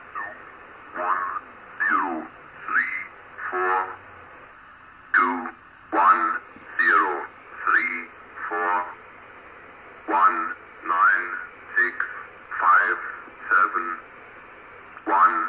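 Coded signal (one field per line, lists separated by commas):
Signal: numbers station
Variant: E06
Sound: about 14 short spoken words at steady intervals over a radio channel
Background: radio static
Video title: E06 Russian numbers station on 7844 kHz AM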